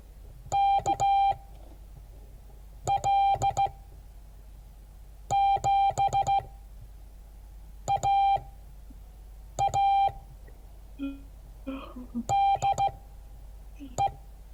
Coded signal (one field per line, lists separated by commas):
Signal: Morse code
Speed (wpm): 15 wpm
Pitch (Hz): 790 Hz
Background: none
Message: KL7AA DE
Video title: Morse code class 2022 11 14